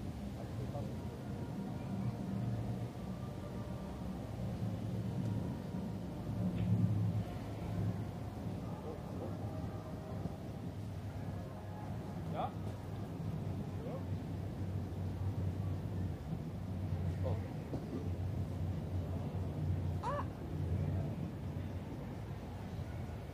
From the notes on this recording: the bustling scenery of Munich's famous Englischer Garten